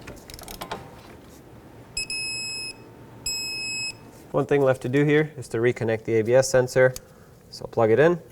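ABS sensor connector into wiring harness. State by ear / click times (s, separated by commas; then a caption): not seated / none. During a front wheel bearing replacement on a 2006-2011 Chevrolet HHR, the plastic ABS wheel speed sensor connector is being plugged into its mating wiring harness connector. A few faint ticks and one short, sharp hit are heard, two steady high beeps sound from about 2.0 to 2.7 s and 3.3 to 4.0 s, and then someone talks. The clip ends before the connector goes home, so nothing has seated or clicked yet.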